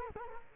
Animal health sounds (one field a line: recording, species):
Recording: mosquito wingbeat signal from an infrared sensor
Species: Culex quinquefasciatus